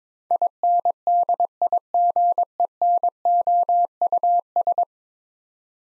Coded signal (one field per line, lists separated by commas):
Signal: Morse code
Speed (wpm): 22 wpm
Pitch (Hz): 700 Hz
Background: none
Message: INDIGENOUS